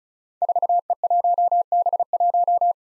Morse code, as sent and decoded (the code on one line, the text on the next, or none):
....- . .---- -... .----
4E1B1